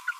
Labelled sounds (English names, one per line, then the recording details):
Green-rumped Parrotlet babbling
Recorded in a nest box in Venezuela
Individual 18B25A3